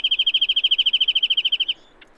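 Bird song: a steady, fast trill of around twenty identical notes lasting nearly two seconds, stopping cleanly.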